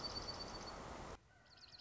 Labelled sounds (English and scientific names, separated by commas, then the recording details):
Dark-eyed Junco (Junco hyemalis)
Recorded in Sonoma County, California